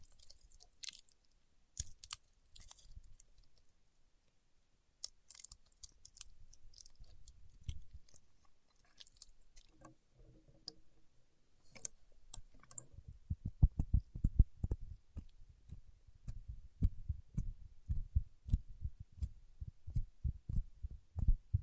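Paraffin wax is peeled, tapped and scratched in short, crackly bursts. The first half holds sparse, bright clicks and crinkles with quiet gaps. From about 13 seconds, a dense run of low, dull taps sets in, rapid and fairly regular, with crisp scratches over them.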